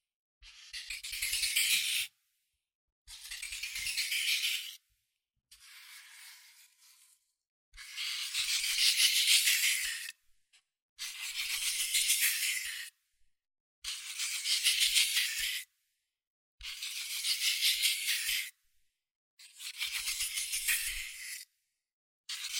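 Scratching and tracing on cardboard paper comes in short bursts of about one to two seconds, separated by brief silences, roughly nine times. Each burst is a dense, bright, hissy rasp with a fast grainy texture, and one around six seconds is noticeably quieter.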